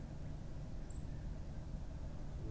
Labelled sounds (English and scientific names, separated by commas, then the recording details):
Song Thrush (Turdus philomelos)
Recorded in Germany
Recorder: ecoPi